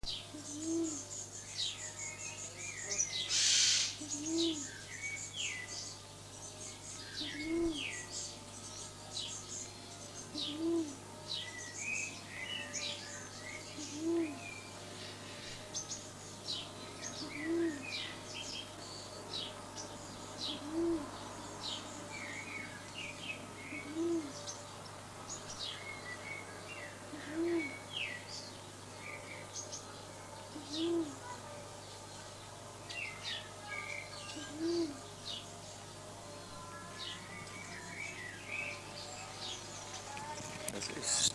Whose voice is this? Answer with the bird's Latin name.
Gallicolumba tristigmata